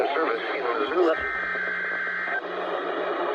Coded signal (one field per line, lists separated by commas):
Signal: Emergency Alert System (SAME) tones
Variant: header bursts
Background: speech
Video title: THE START OF 2022… EAS Tests from 1/4/2022-1/26/2022 (EAS #870-881)